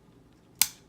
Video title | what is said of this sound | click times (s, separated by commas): The Daily Review 197: Soul of Chogokin GunBuster GX-34R Gokin Color Version | you want to continue pulling in two clicks there | 0.6 s